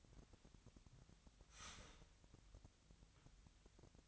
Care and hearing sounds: daily activity, microphone in the room; start toaster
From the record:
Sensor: 3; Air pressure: 1001.9 hPa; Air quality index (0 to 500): 245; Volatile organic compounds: 49 ppm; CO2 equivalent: 3279 ppm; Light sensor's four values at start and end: 13/40/17/15 and 13/40/17/15

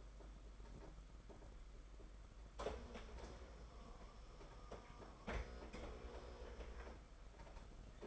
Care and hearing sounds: daily activity, microphone in the room; typing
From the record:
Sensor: 5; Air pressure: 991.9 hPa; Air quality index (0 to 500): 164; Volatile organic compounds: 377 ppm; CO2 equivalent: 4632 ppm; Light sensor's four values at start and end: 31/107/40/42 and 31/107/40/42

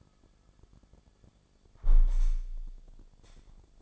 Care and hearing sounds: daily activity, microphone in the room; close window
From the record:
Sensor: 5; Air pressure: 1000.5 hPa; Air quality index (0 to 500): 152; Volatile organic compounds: 2 ppm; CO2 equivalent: 1165 ppm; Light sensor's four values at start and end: 39/93/39/42 and 39/93/39/42

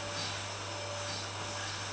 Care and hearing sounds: daily activity, microphone in the room; vacuum cleaning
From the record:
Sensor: 2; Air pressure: 999.9 hPa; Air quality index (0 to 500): 127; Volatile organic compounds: 2 ppm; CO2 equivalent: 1091 ppm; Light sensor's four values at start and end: 28/69/30/33 and 28/69/30/33

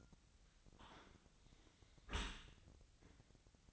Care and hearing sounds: daily activity, microphone in the room; close dishwasher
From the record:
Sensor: 3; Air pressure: 1003.1 hPa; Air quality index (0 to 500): 198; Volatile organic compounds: 6 ppm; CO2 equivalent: 1928 ppm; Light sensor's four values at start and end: 28/70/30/32 and 30/73/31/34

